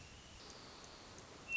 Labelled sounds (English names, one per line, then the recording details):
Hermit Thrush
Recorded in Sonoma County, California